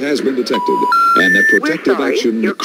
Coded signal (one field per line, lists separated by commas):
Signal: telephone call progress tone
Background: speech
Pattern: special information tone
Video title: The Operator G1 for the Midland Micro Mobile GMRS radio